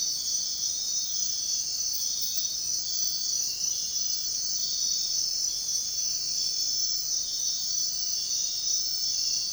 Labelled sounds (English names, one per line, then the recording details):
none
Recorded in dense forest near Puerto Asís, Putumayo, Colombia, on 13 March 2025 at 04:00
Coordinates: 0.499, -76.324
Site GP03